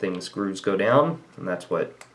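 Someone talks while handling a small plastic spacer or similar small part in the frame of a Shimano Curado baitcasting fishing reel during reassembly after cleaning. The part is being pushed down into place, but it has not seated or clicked yet.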